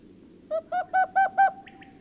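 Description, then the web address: Owl calling a quick run of five tonal, slightly hollow hoots, about four per second, that trail into a short steady whistle-like tone; a soft low hum underneath. "ghost owl bird call"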